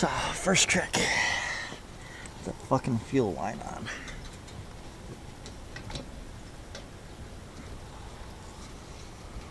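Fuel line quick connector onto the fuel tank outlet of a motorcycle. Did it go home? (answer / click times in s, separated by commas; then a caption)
no / none. On a 2012 to 2014+ Ninja 650 R motorcycle, a fuel line quick-connect coupling is handled at the fuel pump outlet on the fuel tank while someone talks. Faint handling taps and small ticks follow, and the clip ends before the connector goes home, so nothing has seated or clicked yet.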